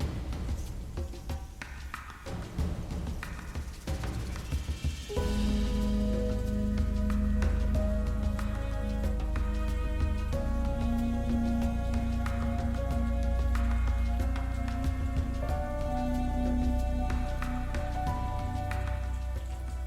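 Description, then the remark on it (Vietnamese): Steady rain pours down in a dense, hissing patter. A few seconds in, sustained mournful music with held tones rises over the rain, which keeps falling underneath throughout. “Hắn cố nén đi những giọt nước mắt trong cơn mưa.”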